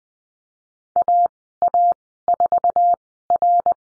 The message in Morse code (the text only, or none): AA4R